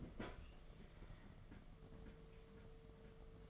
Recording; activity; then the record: daily activity, microphone in the room; open fridge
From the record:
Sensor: 4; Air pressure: 1015.8 hPa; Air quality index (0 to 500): 185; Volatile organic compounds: 9 ppm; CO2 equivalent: 2135 ppm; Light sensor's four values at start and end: 19/44/19/20 and 14/31/13/15